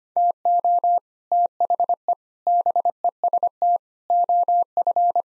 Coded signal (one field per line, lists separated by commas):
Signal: Morse code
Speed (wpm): 25 wpm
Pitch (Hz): 700 Hz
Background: none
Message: TO THE BEST OF